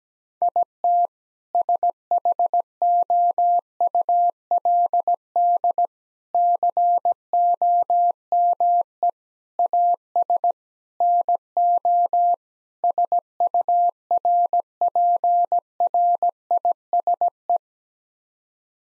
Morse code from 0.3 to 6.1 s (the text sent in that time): IT SHOULD